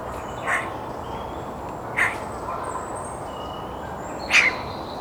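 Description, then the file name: Eurasian magpie giving three harsh, raspy single calls spread over five seconds, with steady background hiss. "Pica pica"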